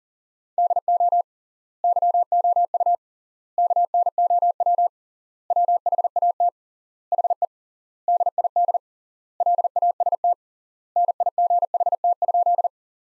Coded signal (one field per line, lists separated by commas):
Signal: Morse code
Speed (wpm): 40 wpm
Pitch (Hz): 700 Hz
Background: none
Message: DO YOU KNOW WHAT HE DID LAST NIGHT?